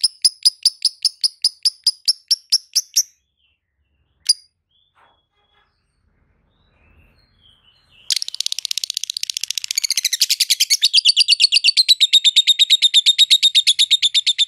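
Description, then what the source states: Lovebird chattering song: rapid runs of sharp, high chirps, a long pause, then a dense buzzy trill of repeated notes building to the end. Lovebird song used as masteran for training other birds; described as konslet.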